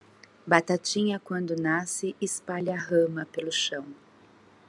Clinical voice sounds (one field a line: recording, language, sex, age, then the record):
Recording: short text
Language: Brazilian Portuguese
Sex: female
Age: 50 to 59 years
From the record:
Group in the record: control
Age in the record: 54 years